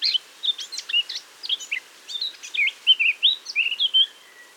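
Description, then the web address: Eurasian blackcap song: brisk chattering notes followed by mellow whistled phrases that dip and rise, over light background hiss. "SETE data Sylvia atricapilla"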